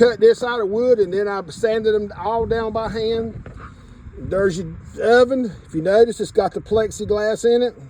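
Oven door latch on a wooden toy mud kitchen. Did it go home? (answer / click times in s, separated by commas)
no / none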